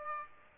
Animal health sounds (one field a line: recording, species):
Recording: mosquito wingbeat signal from an infrared sensor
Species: Aedes aegypti